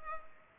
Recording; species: mosquito wingbeat signal from an infrared sensor; Culex pipiens